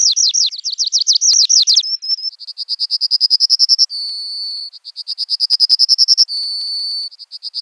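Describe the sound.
Bird song: rapid high trills of repeated notes, then buzzy phrases alternating with steady held tones.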